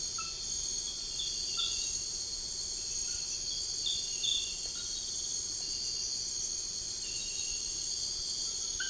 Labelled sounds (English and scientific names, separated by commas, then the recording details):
none
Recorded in secondary vegetation near Puerto Asís, Putumayo, Colombia, on 13 March 2025 at 02:30
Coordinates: 0.488, -76.319
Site G095